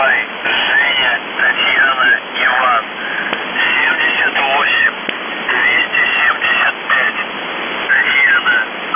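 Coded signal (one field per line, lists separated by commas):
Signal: numbers station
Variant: UVB-76 Russian voice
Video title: The Buzzer/UVB-76(4625Khz) December 8, 2021 12:26UTC Voice message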